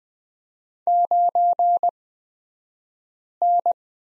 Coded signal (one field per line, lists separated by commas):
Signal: Morse code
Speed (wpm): 20 wpm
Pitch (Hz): 700 Hz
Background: none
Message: 9N